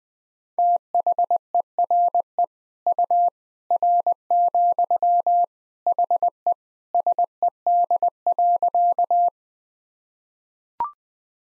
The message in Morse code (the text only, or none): THERE U R, HE SED.